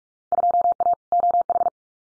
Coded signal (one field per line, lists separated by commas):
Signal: Morse code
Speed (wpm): 44 wpm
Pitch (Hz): 700 Hz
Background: none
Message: 2A OH